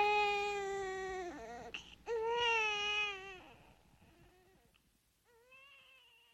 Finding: Baby crying.